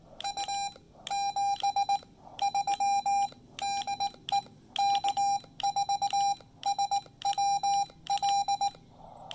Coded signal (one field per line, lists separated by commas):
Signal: Morse code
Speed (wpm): 18 wpm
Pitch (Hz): 810 Hz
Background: none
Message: U 73 DE K4SWL